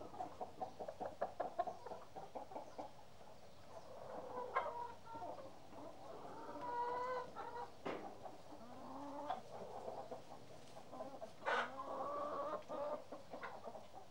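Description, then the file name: Chickens clucking: short repeated clucks, then longer drawn-out cackles. "kury"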